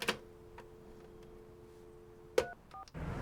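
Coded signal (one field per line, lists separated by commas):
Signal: telephone call progress tone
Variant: North America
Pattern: dial tone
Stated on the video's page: Call progress tone in a 90s TV crime drama episode.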